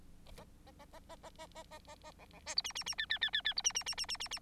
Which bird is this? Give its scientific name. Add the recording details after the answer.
Lonchura striata domestica. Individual Bird9